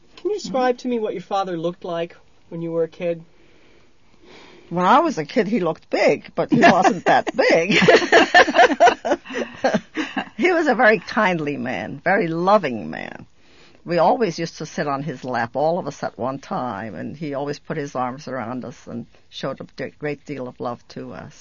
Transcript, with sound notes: Can you describe to me what your father looked like when you were a kid?
When I was a kid he looked big, but he wasn't that big. ( they laugh ) He was a very kindly man, a very loving man. We always used to sit on his lap, all of us at one time, and he always put his arms around us, and showed a great deal of love to us.